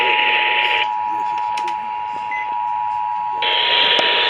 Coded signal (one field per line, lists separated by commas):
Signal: Emergency Alert System (SAME) tones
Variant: 853 and 960 Hz attention tone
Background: speech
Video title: THEN A RISK OF TEXAS EAS#400!!! EAS Alerts from 6/23/23 (EAS#375 & 401)